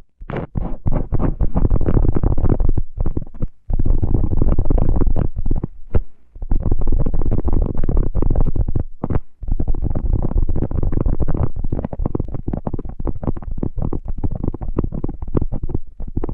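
Muffled scratching and rubbing over microphones covered in tape, thick and low with constant crackly ticks running through it. The sound stays dense and busy, dropping out only briefly near 4, 6 and 9 seconds before picking straight back up.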